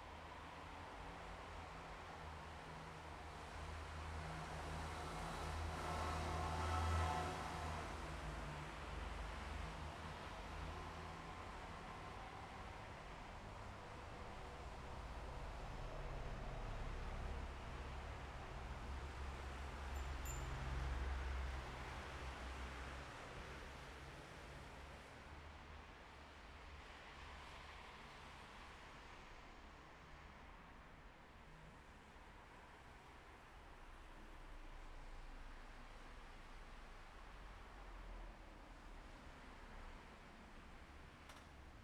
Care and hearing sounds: everyday scene through a hearing-aid microphone; in traffic; traffic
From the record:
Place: bus stop on a city main road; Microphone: behind the ear, left, rear

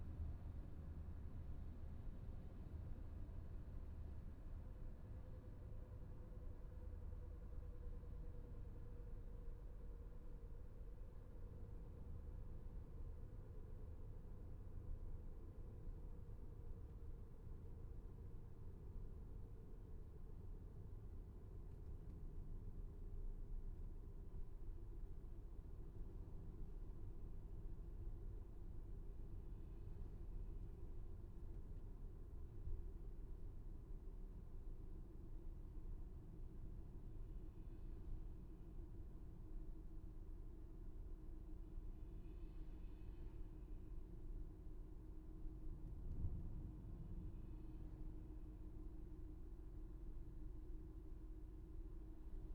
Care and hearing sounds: everyday scene through a hearing-aid microphone; in a vehicle; engine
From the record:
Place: VW T5 Caravelle, diesel engine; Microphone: behind the ear, left, rear

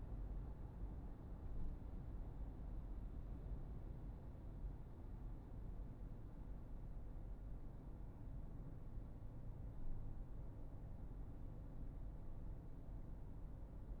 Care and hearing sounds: everyday scene through a hearing-aid microphone; in a vehicle; engine, highway driving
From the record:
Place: Berlingo II, diesel engine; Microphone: behind the ear, right, rear

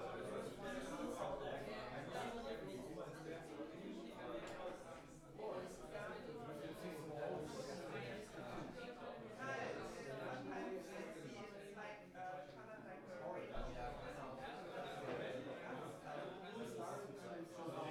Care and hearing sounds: everyday scene through a hearing-aid microphone; many people talking; many voices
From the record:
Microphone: behind the ear, right, rear

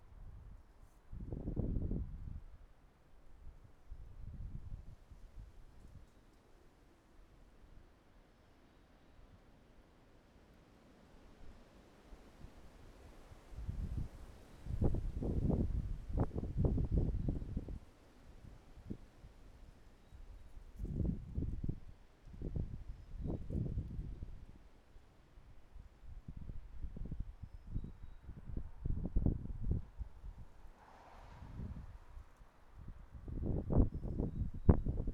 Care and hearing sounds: everyday scene through a hearing-aid microphone; wind on the microphone; wind, traffic, birds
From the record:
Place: suburban garden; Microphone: behind the ear, right, front

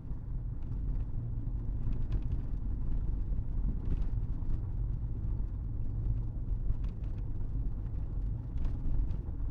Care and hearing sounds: everyday scene through a hearing-aid microphone; in a vehicle; engine, rumble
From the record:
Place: Berlingo II, diesel engine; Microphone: behind the ear, right, front

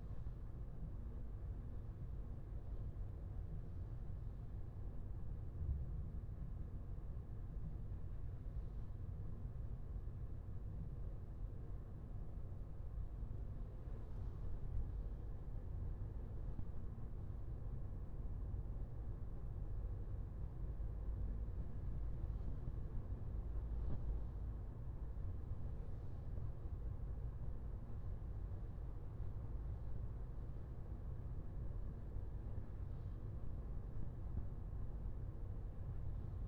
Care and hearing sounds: everyday scene through a hearing-aid microphone; in a vehicle; engine, highway driving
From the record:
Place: Skoda Fabia, gasoline engine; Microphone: behind the ear, left, rear

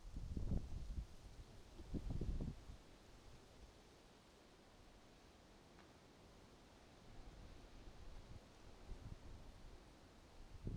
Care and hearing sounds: everyday scene through a hearing-aid microphone; wind on the microphone; wind, traffic, birds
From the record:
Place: suburban garden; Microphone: in the ear canal, right

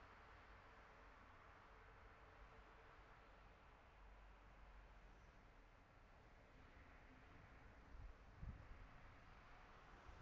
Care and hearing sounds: everyday scene through a hearing-aid microphone; in traffic; traffic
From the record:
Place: city secondary road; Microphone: behind the ear, left, rear

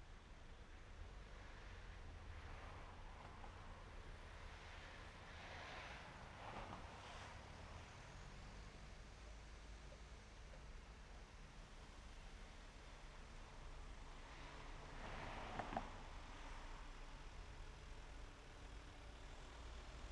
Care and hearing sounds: everyday scene through a hearing-aid microphone; in traffic; traffic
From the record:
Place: main road on the outskirts, rush hour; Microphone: behind the ear, right, front

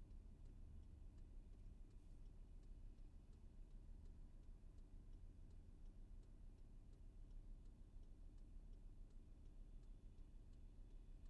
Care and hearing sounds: everyday scene through a hearing-aid microphone; in a vehicle; engine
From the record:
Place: VW T5 Caravelle, diesel engine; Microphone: behind the ear, left, rear

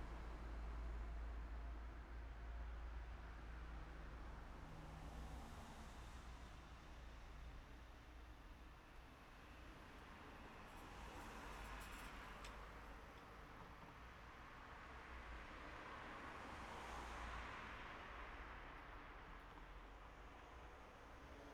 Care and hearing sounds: everyday scene through a hearing-aid microphone; in traffic; traffic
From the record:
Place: city secondary road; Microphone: behind the ear, right, front

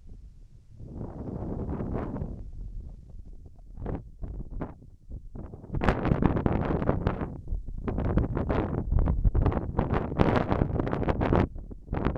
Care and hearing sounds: everyday scene through a hearing-aid microphone; wind on the microphone; wind, whistling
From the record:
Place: in front of a rural house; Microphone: behind the ear, left, front

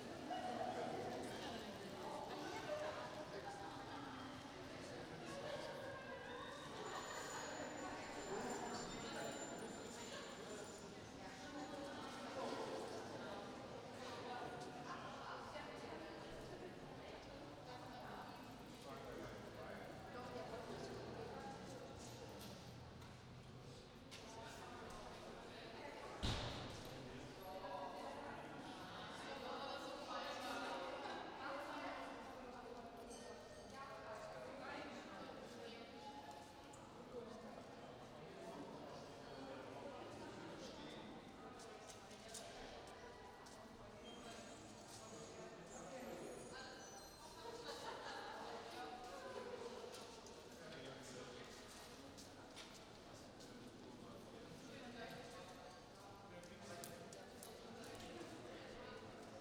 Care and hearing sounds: everyday scene through a hearing-aid microphone; reverberant space; background noise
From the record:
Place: railway station hall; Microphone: in the ear canal, right

